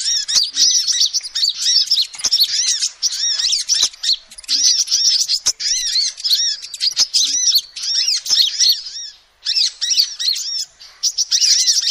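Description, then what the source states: Lovebird keeps up rapid, piercing twittering, with arched high notes tumbling over each other in long bursts broken by brief gaps, and occasional soft clicks. Lovebird calls used as a lure (pikat) for trapping birds.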